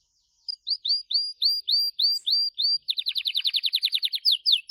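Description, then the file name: Gloster canary song with a series of slurred whistled notes followed by a fast, repeated trill. "canto do canario gloster"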